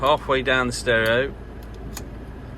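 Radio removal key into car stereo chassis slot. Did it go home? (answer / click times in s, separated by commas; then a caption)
yes / 2.0 s. Someone talks, then a radio removal key is pushed into the slot halfway down the side of an Xzent car stereo in a Fiat Ducato. A short, sharp click at 2.0 s is the first key latching onto the stereo's internal release clip, so it is seated.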